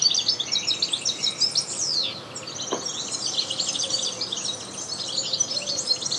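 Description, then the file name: European goldfinch twittering, rapid high tinkling notes and slurred chirps in a dense chatter with one brief lull. "Carduelis carduelis"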